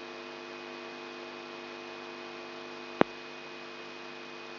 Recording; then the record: brain microelectrode recording played as sound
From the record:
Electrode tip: inside the subthalamic nucleus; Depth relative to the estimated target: -1 mm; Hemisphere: right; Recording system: AlphaMap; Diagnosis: Parkinson's disease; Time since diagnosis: 14 years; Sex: female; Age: 63 years